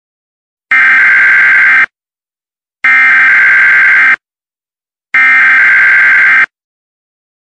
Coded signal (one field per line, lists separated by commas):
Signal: Emergency Alert System (SAME) tones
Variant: header bursts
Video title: EAS Chemical Hazard Warning (FAKE!) (READ DESC.)